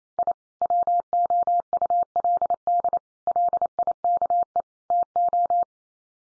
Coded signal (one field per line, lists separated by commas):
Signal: Morse code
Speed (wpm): 28 wpm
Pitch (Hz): 700 Hz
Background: none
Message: I WOULD LIKE TO